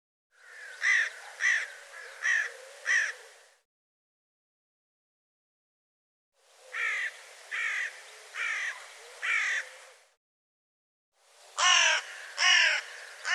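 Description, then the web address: Bird calling in three bouts of about four harsh, grating caws each, the last bout cut off at the end. The notes come under a second apart, with pauses of a few seconds between bouts. "cianscape birddata Deverinetal 2025 File cleaned normalized Bird"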